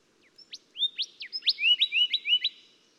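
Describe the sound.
Golden whistler singing a rapid sequence of whistled notes, sweeping down then climbing in repeated rising slurs.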